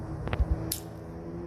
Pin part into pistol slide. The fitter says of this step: snapped in place got it now all you do is bring the slide forward